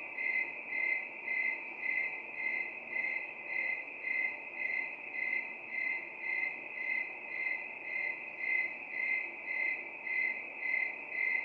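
Cricket chirping steadily, a high trilled pulse repeated roughly twice per second without pause throughout.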